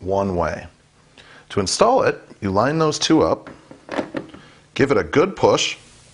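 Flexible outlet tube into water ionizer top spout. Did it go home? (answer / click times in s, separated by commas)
no / none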